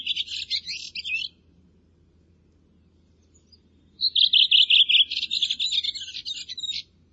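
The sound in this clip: Bird call sequence: the tail of one high chirping phrase, a silent gap, then a full run of quick, bright repeated notes breaking into a busier, scratchy finish.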